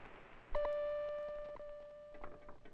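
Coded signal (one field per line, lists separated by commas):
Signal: radio time signal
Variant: WWVH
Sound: a steady buzzy mid-pitch tone starts abruptly, with faint ticks about once a second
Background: radio static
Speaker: National Bureau of Standards wwvh Maui Hawaii next tone begins at 21 hours 15 minutes Greenwich meantime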